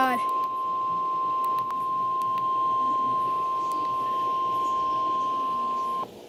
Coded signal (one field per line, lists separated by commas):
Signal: Emergency Alert System (SAME) tones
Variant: 1050 Hz attention tone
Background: speech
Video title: Eas#4